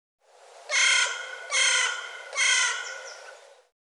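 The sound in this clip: Bird giving three harsh, nasal calls rich in harmonics, in an even series.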